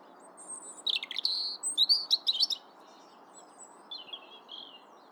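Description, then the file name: European robin giving a short burst of high, tinkling warbled notes, then a pause and a softer, quieter trailing phrase; low background hiss throughout. "Erithacus rubecula"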